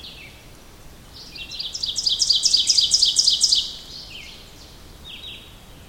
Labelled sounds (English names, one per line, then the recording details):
Ovenbird song
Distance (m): 10 m
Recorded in boreal forest in Alberta, Canada, on 2 June 2016 at 07:56
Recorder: SongMeter 3, array SBT-3-7
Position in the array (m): 37 m, 153 m
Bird 4